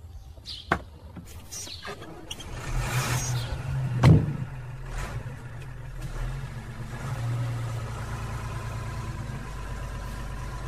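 A van engine hums steadily at a low pitch as it drives along, with a sharp knock and a brief louder swell partway through, and faint rattles over the continuous rumble.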